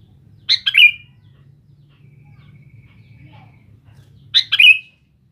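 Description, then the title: Sooty-headed bulbul, two brisk bubbly phrases of chirpy notes about four seconds apart, with a low hum between. "Kutilang"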